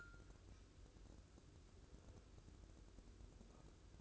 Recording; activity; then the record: daily activity, microphone in the room; take from stove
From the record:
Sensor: 2